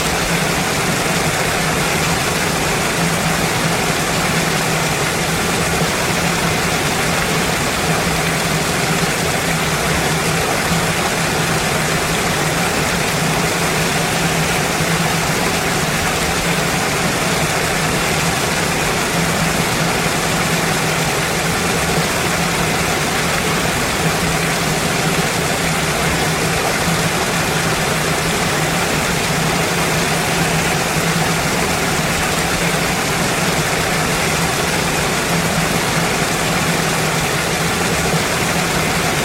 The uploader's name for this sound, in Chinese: 冰川瀑布